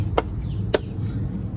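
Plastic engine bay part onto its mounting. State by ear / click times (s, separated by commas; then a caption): seated / 0.2 s, 0.7 s. A plastic part is put back onto its mounting in the engine bay of a Vauxhall/Opel Zafira 1.6 (B) after a connector has been refitted. Two sharp clicks are heard at 0.2 and 0.7 seconds over a steady low background hum, and the part is seated in place.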